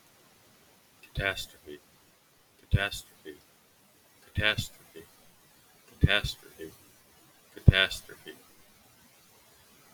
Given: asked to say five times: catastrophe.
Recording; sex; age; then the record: repeated word; male; 20 to 29 years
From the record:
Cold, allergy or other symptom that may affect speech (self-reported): no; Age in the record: 29 years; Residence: Maryland, United States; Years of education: 15